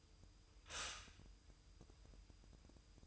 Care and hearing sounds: daily activity, microphone in the room; stop toaster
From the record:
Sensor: 2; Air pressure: 988.4 hPa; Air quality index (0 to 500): 191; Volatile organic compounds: 184 ppm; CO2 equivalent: 4159 ppm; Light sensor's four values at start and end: 20/68/27/25 and 20/68/27/25

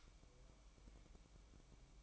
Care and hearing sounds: daily activity, microphone in the room; light off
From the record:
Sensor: 1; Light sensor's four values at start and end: 13/40/15/16 and 8/19/8/8

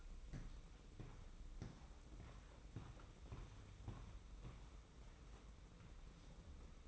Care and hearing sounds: daily activity, microphone in the room; walk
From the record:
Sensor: 1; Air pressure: 990.7 hPa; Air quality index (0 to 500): 152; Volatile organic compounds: 1000 ppm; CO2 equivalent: 5502 ppm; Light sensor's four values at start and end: 25/59/25/27 and 24/57/24/26

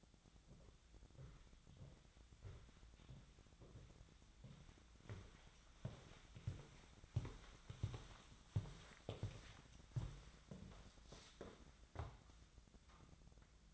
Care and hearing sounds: daily activity, microphone in the room; walk to room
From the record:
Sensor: 3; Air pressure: 1010.1 hPa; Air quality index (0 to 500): 183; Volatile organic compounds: 13 ppm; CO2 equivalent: 2385 ppm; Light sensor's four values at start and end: 43/106/46/50 and 42/103/45/48

